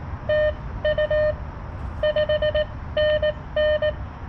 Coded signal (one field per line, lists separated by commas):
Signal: Morse code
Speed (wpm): 17 wpm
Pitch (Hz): 600 Hz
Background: none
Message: TU 5NN